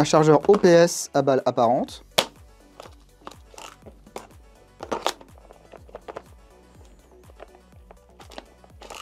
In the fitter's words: lui il ne s'enclenche pas